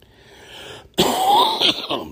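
After a quiet pause, an adult man gives a harsh cough and throat-clearing burst, then two shorter bursts, while recovering from a viral illness caught over the weekend, as bad as COVID.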